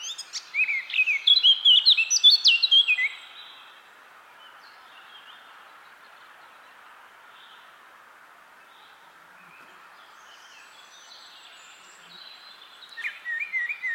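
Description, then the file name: Eurasian blackcap song: a quick, chattering and fluty warbled phrase lasting about three seconds, then a long quiet gap before a brief new burst of notes. "Sylvia atricapilla"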